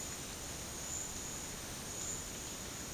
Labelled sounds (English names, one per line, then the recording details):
none
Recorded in secondary vegetation near Puerto Asís, Putumayo, Colombia, on 24 March 2025 at 12:00
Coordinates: 0.502, -76.326
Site G100